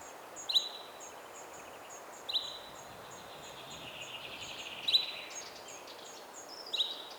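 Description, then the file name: Common chaffinch giving short, sharp call notes four times at uneven intervals of about two seconds. Soft, high-pitched ticking from other birds or insects runs underneath. "Fringilla coelebs"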